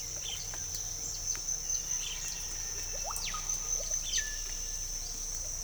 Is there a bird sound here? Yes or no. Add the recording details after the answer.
yes. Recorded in pastures near Puerto Asís, Putumayo, Colombia, on 22 December 2024 at 06:00. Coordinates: 0.497, -76.327. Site G088